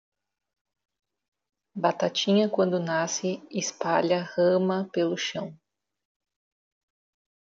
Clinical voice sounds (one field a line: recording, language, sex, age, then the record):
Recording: short text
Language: Brazilian Portuguese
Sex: female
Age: 30 to 39 years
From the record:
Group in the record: control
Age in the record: 32 years